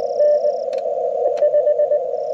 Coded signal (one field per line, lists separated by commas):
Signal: Morse code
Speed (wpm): 20 wpm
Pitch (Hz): 590 Hz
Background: radio noise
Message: N5